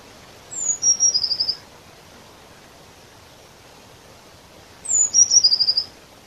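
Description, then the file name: Eurasian blue tit repeating its call twice, about four seconds apart: each a high thin falling note leading into a short rapid trill, over faint hiss. "Cyanistes caeruleus"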